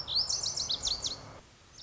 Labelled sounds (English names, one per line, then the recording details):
Lazuli Bunting
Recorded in Sonoma County, California